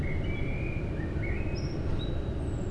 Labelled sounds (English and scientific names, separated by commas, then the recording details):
Common Blackbird (Turdus merula)
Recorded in Germany
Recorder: ecoPi